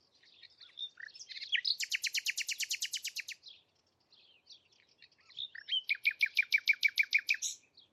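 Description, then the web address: Bird song, two long phrases of rapid, evenly repeated chirps in a quick rattling series, each introduced by softer varied twitters. "Bird Only"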